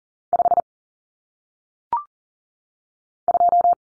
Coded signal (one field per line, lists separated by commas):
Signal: Morse code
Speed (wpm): 40 wpm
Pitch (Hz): 700 Hz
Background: none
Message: 5 2